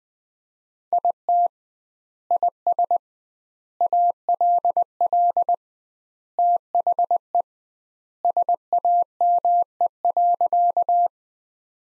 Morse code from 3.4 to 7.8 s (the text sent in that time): ALL THE